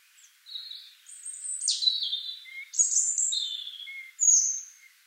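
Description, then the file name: European robin song: thin, high, sliding whistles and liquid warbles, with a sharp, bright high note near the end. "Erithacus rubecula"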